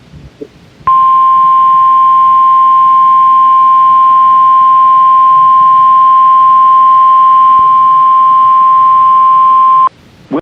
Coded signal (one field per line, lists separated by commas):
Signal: Emergency Alert System (SAME) tones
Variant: 1050 Hz attention tone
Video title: BACK INTO THE ACTION. (pause...) | EAS Alerts from July 10, 2020 (EAS #548-579)